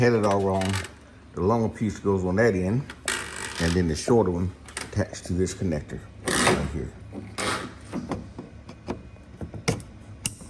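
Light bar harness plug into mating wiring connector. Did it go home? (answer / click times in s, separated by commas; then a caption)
yes / 10.3 s. Someone talks while fitting the wiring for a Putco tailgate LED light bar on a Ford F-150, then pushes the shorter harness lead into the mating plastic connector, with several small clicks and knocks toward the end. The connector snaps home with a sharp click at 10.3 s and is seated.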